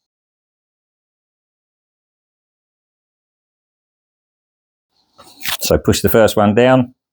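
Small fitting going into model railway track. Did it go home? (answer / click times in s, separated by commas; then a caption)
no / none. About five seconds of silence, then someone talks from about 5.2 s to the end while a small plastic track fitting is handled and about to be pushed down into model railway track. Nothing has seated or clicked yet.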